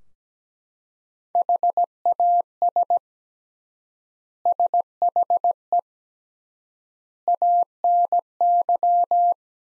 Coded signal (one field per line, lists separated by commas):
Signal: Morse code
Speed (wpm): 17 wpm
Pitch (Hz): 700 Hz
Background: none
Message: HAS SHE ANY